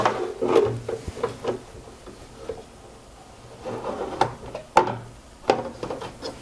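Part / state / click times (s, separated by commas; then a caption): 3D-printed hoop hook into embroidery machine hoop mount / seated / 4.8 s. A 3D-printed hook on a magnetic embroidery hoop for a Pfaff Creative 1.5 embroidery machine is pushed into the machine's hoop mount, with rubbing and sliding sounds of parts being handled. Short sharp knocks sound at 4.2 s and 5.5 s, and the loudest click at 4.8 s is where the hook goes in easily and seats in place.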